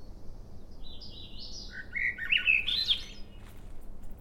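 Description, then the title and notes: Swainson's thrush song: breathy, swirling phrase starting with thin high notes, dropping lower, then ending in a bright rising spiral, over a low background hiss. Morning (06:19), 15 June 2017, trail in Schoodic Division, Acadia National Park; mostly cloudy, 54 degrees, calm seas; Fostex FR2 with Sennheiser ME 64 short shotgun mic. "Swainson's Thrush. on trail to "Ocean Bench" off Sun Dew Trail, Schoodic Division, Acadia National Park"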